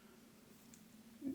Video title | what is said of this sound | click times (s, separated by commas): High Standard Double Nine Revolver in 22 LR | you press it forward until you hear a click and you can push the cylinder open. | 0.7 s